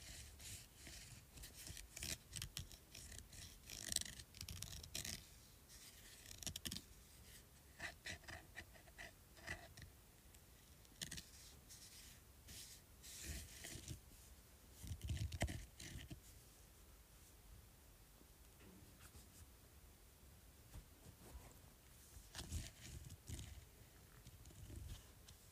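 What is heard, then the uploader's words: Scratching across a bumpy surface in dense, irregular rasping bursts, busiest in the first sixteen seconds, then sparser strokes with quiet gaps before a final flurry. Scratching Bumpy Surface.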